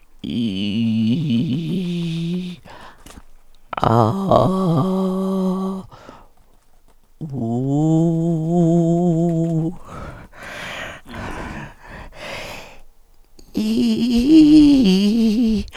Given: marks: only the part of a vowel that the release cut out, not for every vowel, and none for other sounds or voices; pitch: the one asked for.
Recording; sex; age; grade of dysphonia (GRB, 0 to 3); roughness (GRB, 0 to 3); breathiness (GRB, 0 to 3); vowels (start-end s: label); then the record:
sustained vowels; female; 60 to 69 years; 2; 2; 0
0.38-2.06 s: vowel /i/, low pitch
4.43-5.55 s: vowel /a/, low pitch
7.45-9.14 s: vowel /u/, low pitch
13.65-15.48 s: vowel /i/, low-high-low pitch
From the record:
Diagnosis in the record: psychogenic dysphonia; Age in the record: 64 years